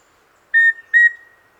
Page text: Andrew Spencer - Рыжегрудая питтоподобная муравьеловка (Formicarius rufipectus)